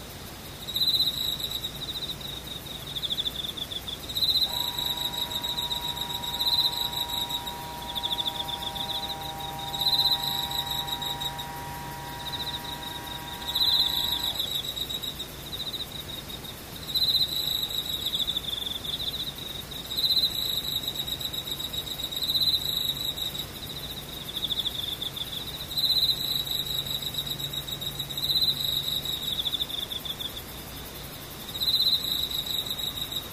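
Insects trill in a steady, rhythmic pattern, bright pulsing chirps repeating every few seconds through the whole recording. A low hum comes and goes underneath, and between about 4 and 14 seconds a faint steady mid-pitched tone runs alongside the calls.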